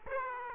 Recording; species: mosquito wingbeat signal from an infrared sensor; Aedes aegypti